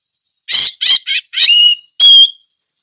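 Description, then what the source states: Orange-headed thrush giving five loud notes, harsh and buzzy at first, then two long pure whistles, the last trailing into a faint thin tone. Indonesian name anis merah; song style described as ngeplong teler.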